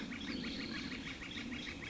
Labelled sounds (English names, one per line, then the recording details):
Northern Flicker
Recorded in Sonoma County, California